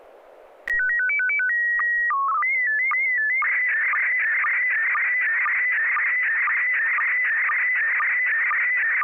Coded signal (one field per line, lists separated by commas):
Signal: SSTV (slow-scan television)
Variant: PD 120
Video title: N6NA SSTV Net - 12/15/2021